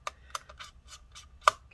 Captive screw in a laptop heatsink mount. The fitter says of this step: so you can hear the click sound all right